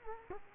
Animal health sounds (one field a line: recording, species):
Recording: mosquito wingbeat signal from an infrared sensor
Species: Culex quinquefasciatus